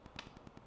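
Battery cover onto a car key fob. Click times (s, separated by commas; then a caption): 0.2 s. With its two pins slid in, the plastic battery cover of a newer Mercedes-Benz key fob is pressed down on top and snaps into place. A sharp snap sounds at 0.2 s among a few faint ticks, and the cover is seated.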